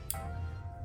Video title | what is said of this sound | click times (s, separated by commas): 2017-2025 HONDA CR-V 1.5L (L15BE) Replace Spark Plugs and Coils | heard the click, and there you have it. | 0.1 s